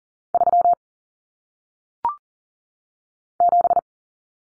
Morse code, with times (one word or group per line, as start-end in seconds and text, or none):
0.3-0.7 3
3.4-3.8 7